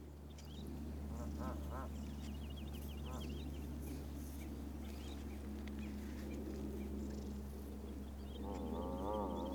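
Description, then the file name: Mallard quacks, a few nasal harmonic calls near the start and a longer wavering one at the end, over a steady low hum with faint high chirps from other birds. Recorded in Oostduinen. "birds in oostduinen - wild duck and moorhens"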